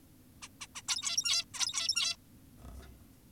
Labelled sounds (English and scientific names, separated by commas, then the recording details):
Zebra Finch (Taeniopygia guttata)
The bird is an adult
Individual g17y2U